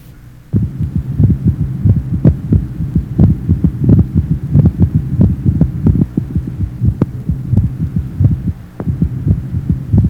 Age 20, four normal heart sounds, mitral area.